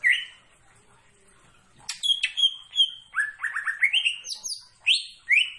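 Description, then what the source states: Greater green leafbird: one whistle, a quiet gap, then an energetic run of chips, upswept whistles and a short rapid trill. Singing actively.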